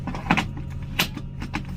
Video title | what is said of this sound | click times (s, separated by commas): Wheelchair securement, shake test, challenging connections | There, it clicked in. | 1.0 s